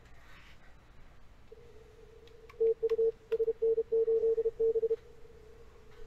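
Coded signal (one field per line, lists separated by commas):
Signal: Morse code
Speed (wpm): 31 wpm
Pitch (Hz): 450 Hz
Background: none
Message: TU SN8B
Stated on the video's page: Morse from a CQ WPX CW contest, Flex 6700 running low power single slice into vertical antennas.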